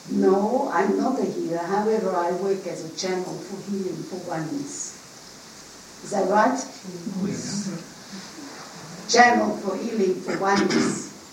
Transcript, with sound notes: 'No I am not a Healer however I work as a Channel for Healing for Oneness'. Is that right? (Many voiced agreement.) A Channel for Healing for Oneness.